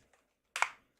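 A replacement face cushion interface is pressed onto a VR headset frame, and its clip snaps in with a loud, sharp click at 0.6 s. A couple of faint taps come before and after it. The cushion is seated.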